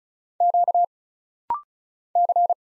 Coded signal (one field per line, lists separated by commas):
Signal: Morse code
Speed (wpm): 36 wpm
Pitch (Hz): 700 Hz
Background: none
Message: Q C